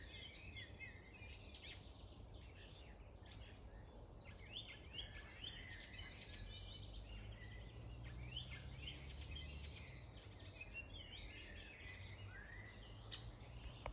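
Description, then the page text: Icterine warbler singing continuously, a fast, varied medley of high scratchy, chirping and whistled notes with little pause, over a constant low background hum. One singing male in breeding season, Beverīna municipality, Latvia, 30 May 2025, 15:03. "Icterine Warbler, Hippolais icterina Observation time 30-May-2025 plkst. 15:03 Administratīvā teritorija Beverīnas novads Count 1 Status Singing male in breeding season"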